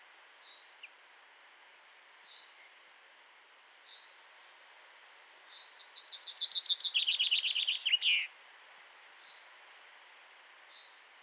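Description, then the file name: Common chaffinch: soft call notes every couple of seconds, broken by one full song, a descending series of notes ending in a flourish, against faint background hiss. "Fringilla coelebs"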